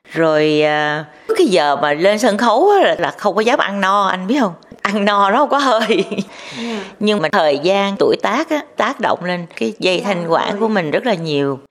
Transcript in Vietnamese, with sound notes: rồi trước cái giờ mà lên sân khấu không có dám ăn no anh biết không. Ăn no nó kg có hơi (cười) Nhưng mà thời gian, tuổi tác, tác động lên cái dây thanh quản của mình rất là nhiều.